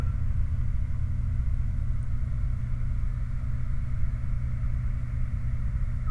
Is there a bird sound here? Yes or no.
yes